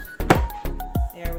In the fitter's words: go and it snaps right in and it